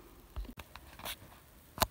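A freshly painted door card panel is pushed into place on the side of a go-kart body, with soft scraping and a few light taps. It ends in one sharp knock at 1.8 s, but the panel is still not all the way in.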